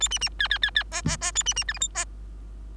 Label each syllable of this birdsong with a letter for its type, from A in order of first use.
A B B C C C C D D D A B B E F G D